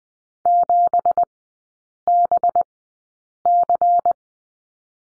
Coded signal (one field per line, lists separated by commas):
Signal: Morse code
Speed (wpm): 20 wpm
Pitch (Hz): 700 Hz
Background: none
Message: 7BC